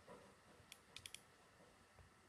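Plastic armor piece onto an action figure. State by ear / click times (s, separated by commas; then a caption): seated / 1.1 s. A plastic armor piece is pushed onto an action figure, making a quick series of sharp, light clicks between about 0.7 and 1.1 s. The piece clicks into place at 1.1 s and is seated.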